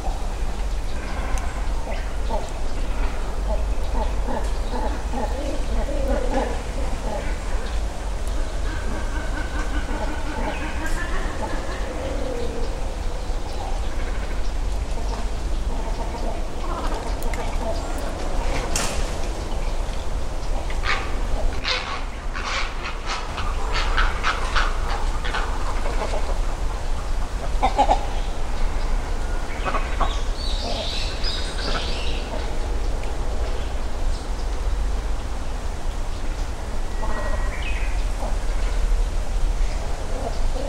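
A nesting colony of great cormorants calls from the trees over a steady low rumble of river and wind. Harsh croaks, grunts and clattering notes come irregularly throughout, thickest between about 18 and 32 seconds, with a brighter squawking burst near 30 seconds.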